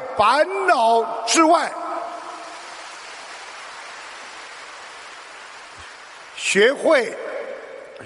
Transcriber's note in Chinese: 掌声